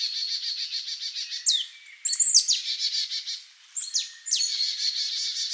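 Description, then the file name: Marsh tit giving sharp downward-sliding high calls in small groups, with brief pauses, while a rapid, even chirping carries on beneath. "Poecile palustris"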